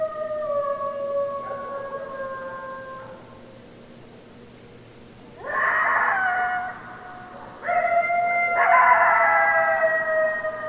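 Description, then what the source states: Coyotes howling: a long drawn-out wail easing downward, a quiet gap, then louder, overlapping warbling howls. Coyotes, more than one; recorded on 16 December 2012.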